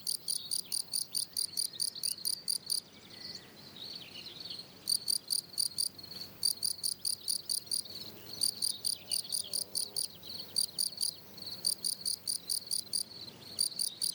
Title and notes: Observation sonore - Un grillon champêtre. 27 juin 2018, plateau de Lesches en Diois. chants des grillons champêtres (Gryllus campestris)